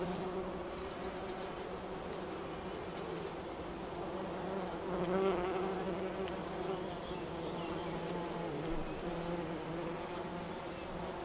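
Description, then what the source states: Bumblebee buzzing, a steady low drone with rich harmonics that swells briefly midway. Recorded in Wülfel, Hannover, Germany.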